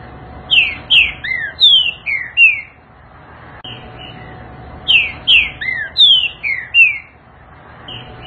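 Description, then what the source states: Green-winged saltator song: a phrase of five or six loud, slurred, falling whistles, given twice with a pause between, over a low steady background hum. Song style called voice 06, one of fourteen song types of the species.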